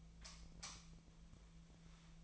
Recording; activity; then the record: daily activity, microphone in the room; light off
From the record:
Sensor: 1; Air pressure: 1009.8 hPa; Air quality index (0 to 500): 190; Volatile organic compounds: 17 ppm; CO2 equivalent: 2599 ppm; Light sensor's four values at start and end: 44/127/52/59 and 39/109/45/51